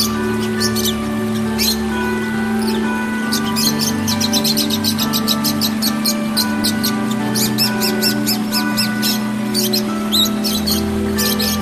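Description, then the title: Oriental magpie-robin singing rapid series of high, scratchy chirps, some in fast repeated runs, with a constant low mechanical hum beneath. "Kicau Kacer"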